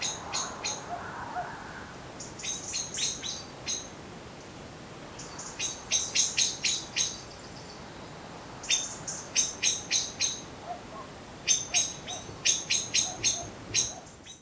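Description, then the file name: Common blackbird calls: bursts of sharp, high, metallic clicking notes in quick series, separated by short pauses, over a soft background hiss. "Turdus merula"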